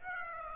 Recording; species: mosquito wingbeat signal from an infrared sensor; Aedes aegypti